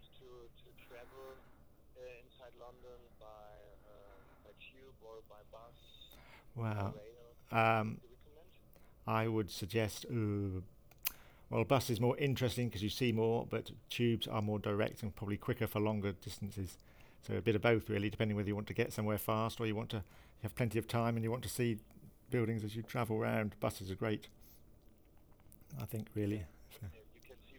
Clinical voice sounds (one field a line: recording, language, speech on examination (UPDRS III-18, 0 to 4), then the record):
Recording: conversation on a phone call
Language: English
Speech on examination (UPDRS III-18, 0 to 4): 1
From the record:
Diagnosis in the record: Parkinson's disease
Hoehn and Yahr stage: 2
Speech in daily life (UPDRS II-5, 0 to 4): 0